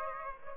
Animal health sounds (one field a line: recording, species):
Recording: mosquito wingbeat signal from an infrared sensor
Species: Aedes aegypti